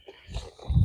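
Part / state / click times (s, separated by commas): telescoping tent leg into its locked extended position / not seated / none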